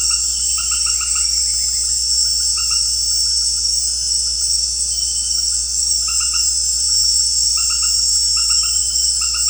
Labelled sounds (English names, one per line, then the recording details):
none
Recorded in secondary vegetation near Puerto Asís, Putumayo, Colombia, on 13 March 2025 at 18:30
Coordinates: 0.484, -76.319
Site G010